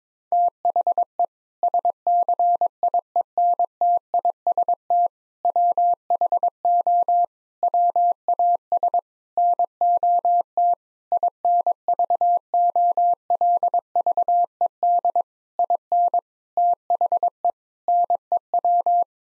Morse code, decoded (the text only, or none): THE SCIENTIST WHO WAS NOT INVOLVED IN THE NEW